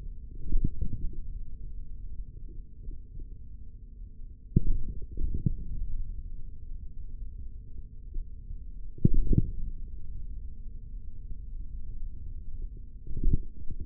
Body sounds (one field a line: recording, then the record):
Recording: forearm muscle sounds (acoustic myography)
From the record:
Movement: hand closing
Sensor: system 3, bracelet of six PUI Audio POM-2738L microphones around the upper forearm, with dedicated amplification and filtering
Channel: 3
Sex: male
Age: 43 years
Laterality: right